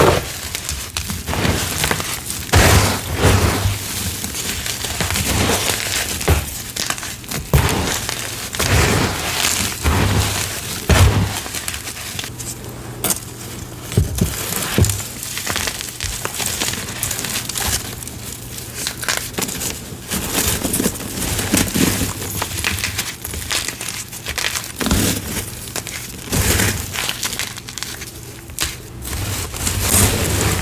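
Reformed gym chalk crumbles with dense, gritty crunching and crinkling, steady throughout, with sharper crisp snaps every few seconds over a low hum.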